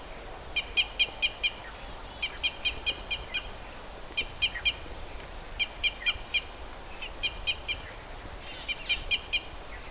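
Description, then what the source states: Red crossbill calls: crisp, repeated notes in quick clusters of several, the clusters returning every one and a half to two seconds. Red crossbill of call type E.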